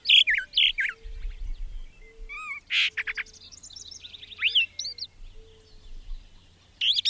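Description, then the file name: Brown thrasher song, a fast medley of varied phrases, doubled notes and buzzy trills, with soft low rumbling in the background. "suara-kicauan-brown-thraser 3-omkicau"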